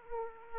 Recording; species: mosquito wingbeat signal from an infrared sensor; Aedes aegypti